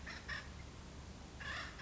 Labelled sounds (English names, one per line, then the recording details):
Acorn Woodpecker
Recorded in Sonoma County, California